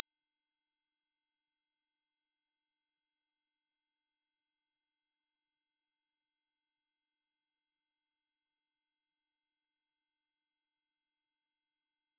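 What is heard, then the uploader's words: A pure sine tone at 5678 Hz sounds steadily for about twelve seconds, a single thin, bright whistle with no change in pitch or loudness. Nothing else is heard; the tone holds perfectly even from start to finish. 5678 Hz 1 Hz Interval Sine Pure Tone Frequency 441000 Sample Mono.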